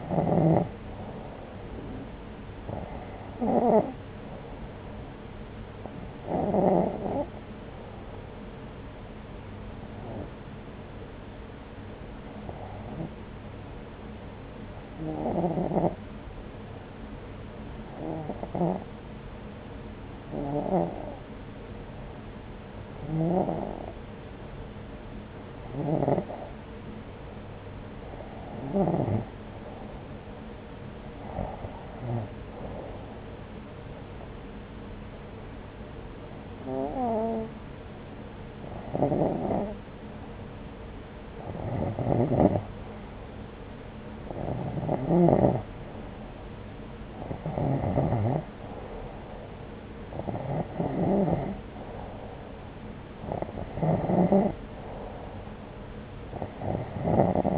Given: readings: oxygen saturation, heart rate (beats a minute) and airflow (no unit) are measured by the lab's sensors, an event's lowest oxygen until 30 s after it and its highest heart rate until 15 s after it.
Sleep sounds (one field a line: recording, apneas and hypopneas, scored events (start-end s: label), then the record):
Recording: breathing in sleep by a voice recorder at the bedside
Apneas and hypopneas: 1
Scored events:
6.00-42.70 s: hypopnea (REM, oxygen 91% highest, then 88% lowest)
From the record:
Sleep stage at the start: REM sleep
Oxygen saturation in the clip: 88 to 91%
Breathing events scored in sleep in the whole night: 303 in 8.1 hours asleep